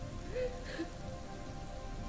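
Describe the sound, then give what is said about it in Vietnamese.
Heavy pouring rain roars steadily in a dense, unbroken wash of noise, with a faint tonal hum and a few brief higher streaks over the downpour; no one speaks. “Tiếng gào khóc của hai người đàn bà xen lẫn với tiếng gọi tên cái Mực, thằng Sò vang lên trong màn mưa ầm ầm như thác đổ.”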